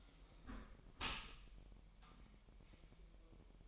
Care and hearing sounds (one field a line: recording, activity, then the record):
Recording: daily activity, microphone in the room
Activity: close dishwasher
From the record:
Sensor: 1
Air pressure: 1000.5 hPa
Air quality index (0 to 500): 248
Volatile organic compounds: 145 ppm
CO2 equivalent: 4000 ppm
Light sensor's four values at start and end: 11/27/11/12 and 11/27/11/12